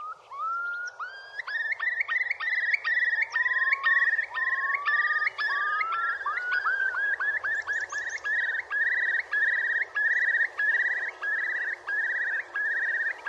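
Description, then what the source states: Curlew song: rising whistles followed by a long run of repeated bubbling notes that hold steady in pitch for several seconds. Described as a disappearing sound.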